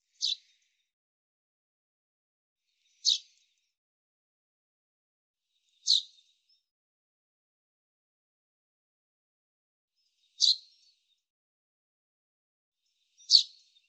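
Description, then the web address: Common chaffinch calling: five brief, sharp, high-pitched notes spaced mostly about three seconds apart, with nothing else audible. "Deverinetal 2025 File cleaned normalized Bird Fr Co"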